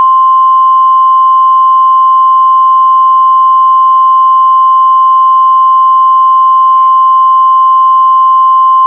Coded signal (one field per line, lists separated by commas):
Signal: Emergency Alert System (SAME) tones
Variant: 1050 Hz attention tone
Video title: This video is more than 100 MB in size. EAS Scenario: Drench Valley Sneak Peek